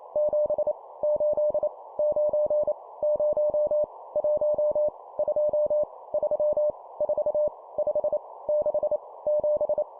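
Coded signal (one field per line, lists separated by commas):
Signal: Morse code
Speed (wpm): 28 wpm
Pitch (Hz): 600 Hz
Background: none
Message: 7 8 9 0 1 2 3 4 5 6 7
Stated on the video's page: Morse code practice sending numbers at 25 wpm.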